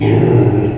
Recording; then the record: squeal of a Yucatan mini pig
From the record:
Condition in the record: before surgery on the right vocal fold (resection and tissue-engineered implant); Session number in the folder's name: 2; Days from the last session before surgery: 0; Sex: male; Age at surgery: 12 weeks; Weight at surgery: 13 kg